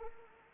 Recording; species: mosquito wingbeat signal from an infrared sensor; Anopheles arabiensis